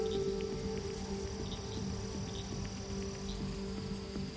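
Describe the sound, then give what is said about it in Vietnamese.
Frogs and toads croak together outdoors at night as the rain is letting up, in a dense, continuous chorus, with steady pulsing calls and a high insect-like trill layered over it, and no voices. “Ở bên ngoài trời cũng đã dần tạnh mưa, tiếng ếch nhái ẩn ương kêu lên làm tăng thêm sự buồn khổ cho một gia đình vừa mất đi người thân.”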